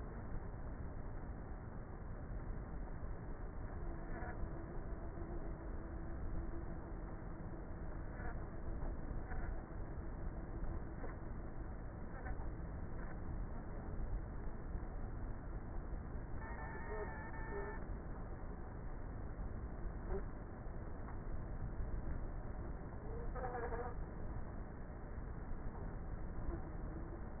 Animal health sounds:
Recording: honeybee colony, microphone inside the hive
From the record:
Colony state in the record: queenless with a low population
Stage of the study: before two queens were removed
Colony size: about 30,000 bees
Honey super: no

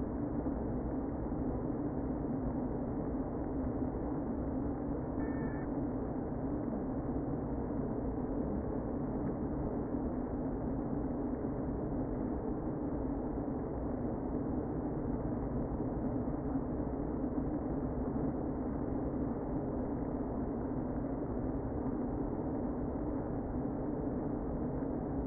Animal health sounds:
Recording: honeybee colony, microphone inside the hive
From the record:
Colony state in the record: queen present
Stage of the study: before two queens were removed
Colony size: about 60,000 bees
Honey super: yes

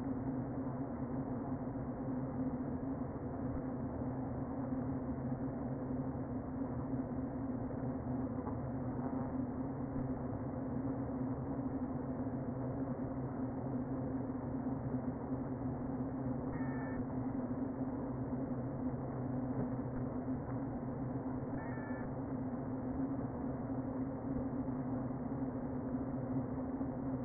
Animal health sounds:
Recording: honeybee colony, microphone inside the hive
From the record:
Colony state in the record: queen present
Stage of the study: before two queens were removed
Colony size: about 60,000 bees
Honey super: yes

